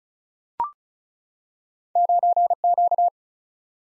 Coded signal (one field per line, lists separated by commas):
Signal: Morse code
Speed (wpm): 36 wpm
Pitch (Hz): 700 Hz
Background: none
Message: 9Q